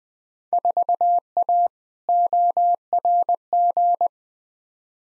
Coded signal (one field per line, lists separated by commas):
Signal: Morse code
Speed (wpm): 21 wpm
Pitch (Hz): 700 Hz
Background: none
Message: 4A ORG